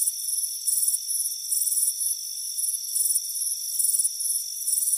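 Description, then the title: High cricket chirps alternate between longer and shorter trilled bursts, several per second, with a steady insect whine underneath. Crickets chirping on a warm afternoon on a front porch. "Soothing Crickets Chirping Sound"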